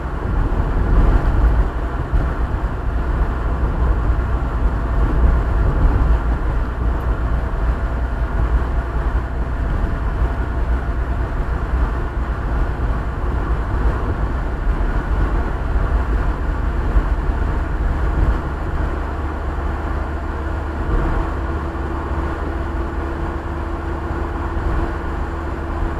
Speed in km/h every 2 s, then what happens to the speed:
67, 64, 60, 59, 58, 59, 60, 61, 64, 67, 69, 73, 75.
0-9 slows to 58. 9-26 speeds up to 75.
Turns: none.